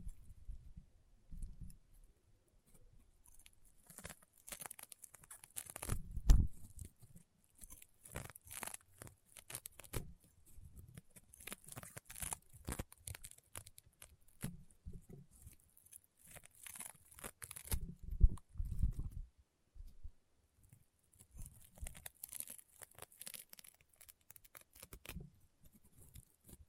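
Crunchy, popping slime sounds made of dense, irregular clusters of sharp crackles and snaps, bright and hissy at the top. Soft low thumps of squeezing come and go, with the loudest bursts around six and eighteen seconds, continuing unevenly throughout.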